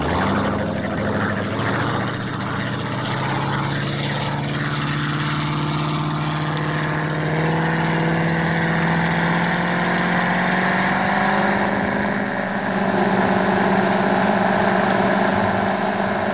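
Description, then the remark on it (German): A motorboat engine drones steadily and loudly throughout, a low humming roar with layered harmonic tones that shift slightly in pitch over time, with no voices present. “Als wir bis zur Brust im Wasser zum Motorboot warteten, hatte ich keine Kraft mehr, selbst ins Boot zu klettern.”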